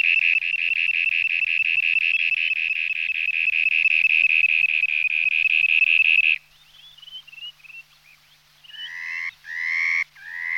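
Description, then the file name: Dunlin trill, a fast, even run of buzzy notes held for about six seconds, then a few short twitters and several harsher, slurred call notes. "jespák-obecný"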